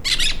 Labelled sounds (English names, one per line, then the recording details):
Brown-throated Parakeet contact call
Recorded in La Tortuga
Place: Isla La Tortuga
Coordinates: 10.925, -65.258